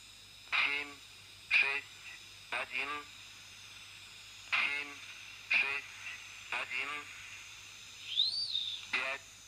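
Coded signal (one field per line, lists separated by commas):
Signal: channel marker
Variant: UVB-76 (The Buzzer)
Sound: seven short harsh buzzes, about one per second with pauses, over hiss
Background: radio static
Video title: УВБ-76 - 2016.08.06 - 22:05 - Диапазон 30 м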